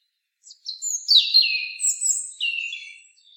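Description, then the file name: European robin song, a short run of thin, high whistled notes sliding up and down, then a falling warble to finish. "Erithacus rubecula"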